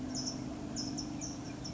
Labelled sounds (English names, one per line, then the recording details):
California Towhee
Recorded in Sonoma County, California